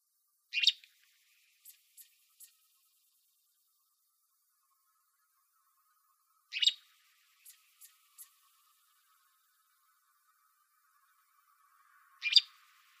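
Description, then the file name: Gray flycatcher with three sharp call notes roughly six seconds apart, the first two each followed by a few soft ticking notes. Recorded in Arizona on 15 May 2006. "GRFL 2 deviche"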